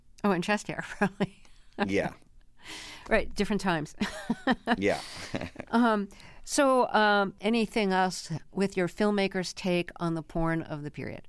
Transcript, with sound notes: Oh, and chest hair really.
Yeah.
Right, different times (laughter).
Yeah.
So anything else with your filmmaker's take on the porn of the period